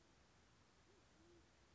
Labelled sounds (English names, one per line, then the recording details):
Band-tailed Pigeon
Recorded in Sonoma County, California